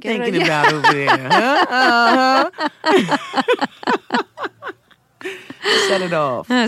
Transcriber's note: laughter